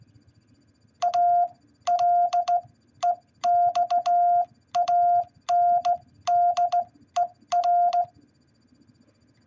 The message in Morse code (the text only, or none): ALEXANDER